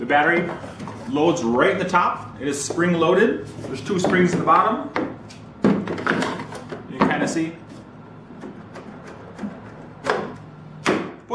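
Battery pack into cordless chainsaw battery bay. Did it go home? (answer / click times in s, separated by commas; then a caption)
yes / 10.9 s. A 60 V lithium-ion battery pack is pushed down into the spring-loaded top slot of a Greenworks Pro 60V 18-inch cordless chainsaw while someone talks. Several knocks and taps sound from about 5.7 s. A sharp click at 10.9 s marks the small latch engaging and the pack locking into place.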